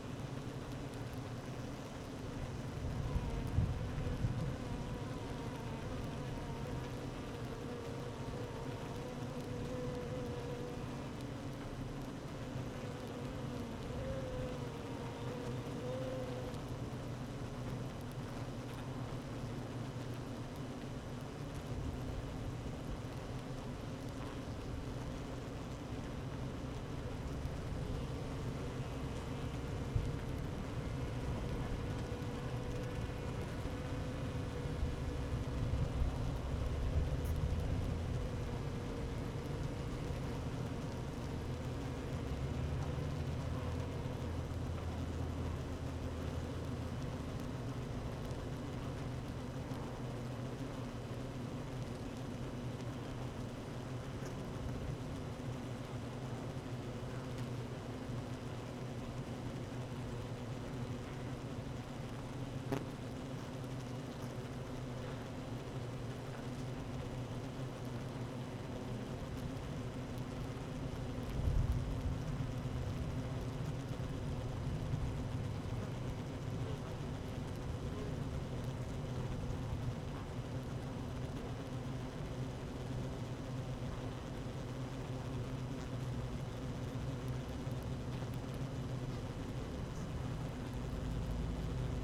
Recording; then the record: honeybee colony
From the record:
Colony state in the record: active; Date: 12 June 2018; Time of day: 12:27